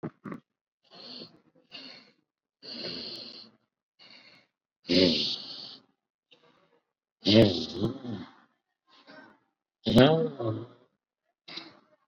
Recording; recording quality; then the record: deep breathing; excellent, no background noise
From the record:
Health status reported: COVID-19 positive, moderate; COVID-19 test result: positive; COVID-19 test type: RT-PCR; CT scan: not taken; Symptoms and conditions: cough, cold, fever, fatigue, muscle pain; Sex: male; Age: 41 years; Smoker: no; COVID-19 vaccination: one dose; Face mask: worn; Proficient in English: yes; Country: India